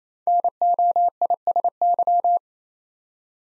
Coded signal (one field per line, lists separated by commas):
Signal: Morse code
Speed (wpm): 27 wpm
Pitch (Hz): 700 Hz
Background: none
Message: NOISY